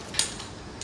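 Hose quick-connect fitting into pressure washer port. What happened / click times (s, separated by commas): The hose quick-connector snapped into its port / 0.2 s, 0.8 s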